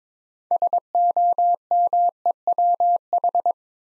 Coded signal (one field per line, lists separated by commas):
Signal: Morse code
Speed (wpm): 22 wpm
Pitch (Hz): 700 Hz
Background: none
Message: SOMEWH